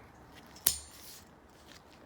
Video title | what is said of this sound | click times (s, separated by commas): 🔧 MINI One 2015 Wiper Blade Removal & Replacement - F56 DIY | And then we can lock it. | 0.7 s